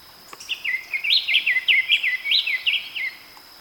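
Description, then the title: Diademed Tanager calls: a quick run of many bright, sharp chirping notes over about two and a half seconds. "fibra_repicador. Diademed Tanager (Stephanophorus diadematus)"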